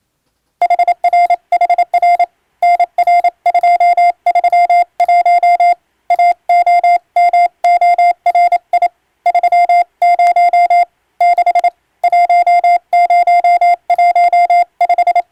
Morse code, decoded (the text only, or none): HRHR NR231 AOMORI 30 6 1015